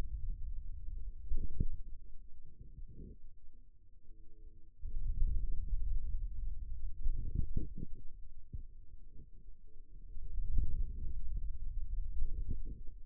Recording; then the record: forearm muscle sounds (acoustic myography)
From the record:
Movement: hand closing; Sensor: system 2, bracelet of six BSWA MPA416 microphones around the upper forearm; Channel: 3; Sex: male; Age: 22 years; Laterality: right